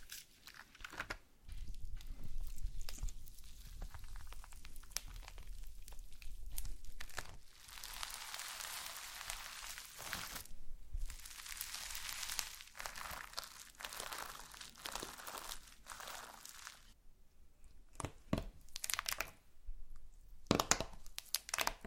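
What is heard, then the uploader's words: Slime being squished and worked produces wet crackling and crinkling sounds that come in uneven bursts. Bright, dense stretches around 7 to 17 seconds give way to sharper isolated pops and snaps near the end, with quiet gaps between handlings. ASMR SLIME No Talking Satisfying slime Sounds.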